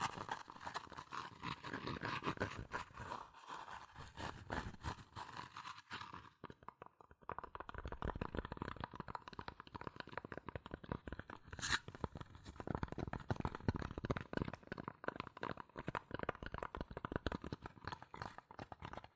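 Fast tapping, scratching and tracing on cardboard and paper, a dense stream of crisp scrapes and taps with one sharp louder click near twelve seconds.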